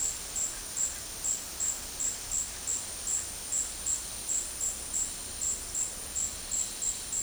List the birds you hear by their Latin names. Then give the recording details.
none. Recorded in dense forest near Puerto Asís, Putumayo, Colombia, on 21 February 2024 at 14:00. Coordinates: 0.485, -76.318. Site G6408